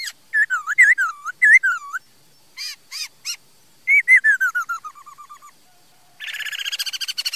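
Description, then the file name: Laughingthrush song: a varied series of looping whistles, then ringing notes, a descending run of whistles, and a final rapid, buzzy chatter. "Tieng khuou hot"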